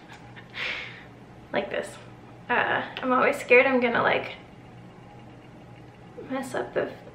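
A retracted travel paintbrush is handled and fitted toward the holder slot of a plastic Royal Talens Van Gogh watercolor 12-pan pocket palette while someone talks. Nothing has seated or clicked into the holder yet.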